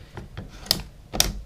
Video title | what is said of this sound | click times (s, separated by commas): Away Luggage Battery Replacement In These Simple Steps | you hear that click now it's not going anywhere | 0.7 s, 1.2 s